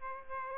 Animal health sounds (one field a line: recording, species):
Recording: mosquito wingbeat signal from an infrared sensor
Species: Aedes aegypti